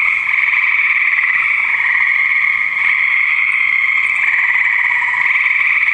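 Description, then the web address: Frogs calling together in an unbroken, buzzy croaking chorus that holds a steady pitch throughout. "nature Frogs"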